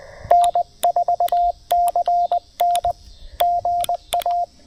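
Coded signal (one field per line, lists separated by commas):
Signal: Morse code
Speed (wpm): 20 wpm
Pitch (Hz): 700 Hz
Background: radio noise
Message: N4CN GA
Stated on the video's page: QRP Parks on the Air activation on 20 meters with a Penntek TR-45L, pocket paddle, and Packtenna Mini end-fed half-wave antenna.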